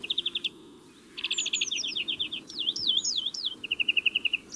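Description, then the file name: European greenfinch song: rapid trills alternating with looping whistled notes, ending in a steady even trill. "Chloris chloris"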